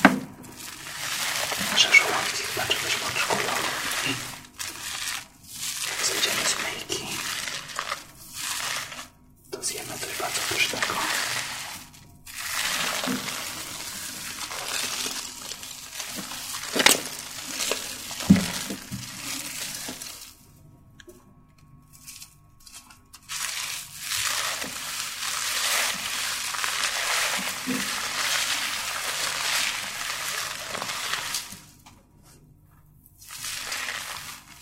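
At a hairdresser's, bursts of bright rushing hiss run for a few seconds at a time, broken by short quiet gaps near 4, 9, 12, 20 and 31 seconds. A faint low hum and occasional soft clicks sit underneath throughout.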